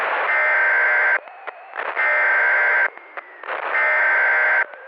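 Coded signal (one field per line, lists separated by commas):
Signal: Emergency Alert System (SAME) tones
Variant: header bursts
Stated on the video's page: Mock EAS scenario.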